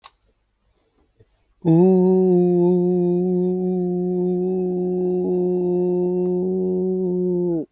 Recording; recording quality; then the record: sustained vowel as in boot; excellent, no background noise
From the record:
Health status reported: healthy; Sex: female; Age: 37 years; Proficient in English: yes